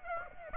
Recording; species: mosquito wingbeat signal from an infrared sensor; Aedes aegypti